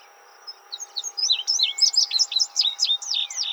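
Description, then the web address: Indigo bunting song: a rapid series of high, sharp notes sweeping down and up, lasting about three seconds, with a steady faint hum underneath. Recorded 26 June 2007. "Indigo Bunting 2007 06 26"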